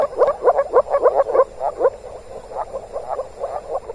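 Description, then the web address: Moor frogs calling in a dense chorus, quick muffled bubbling croaks, strongest in the first second and a half, then softer overlapping calls. Moor frogs calling in spring in the Tävsmoor, Germany. "moorfrosch. rufen jetzt die froesche im taevsmoor"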